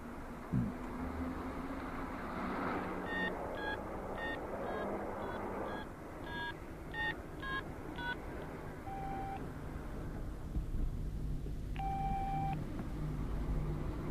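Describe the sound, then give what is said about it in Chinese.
A telephone number is dialed to call home to Jinan: about a dozen quick electronic keypad beeps in an uneven rhythm, followed by a couple of longer steady tones, all over a constant low rumble of background noise. “还是先打个电话回去吧。”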